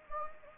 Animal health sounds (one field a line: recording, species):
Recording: mosquito wingbeat signal from an infrared sensor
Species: Anopheles gambiae